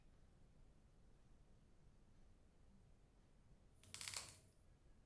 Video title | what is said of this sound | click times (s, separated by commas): CPAP Part 3 Setting Up Tutorial | press the connector into the mask until you hear a click | 3.9 s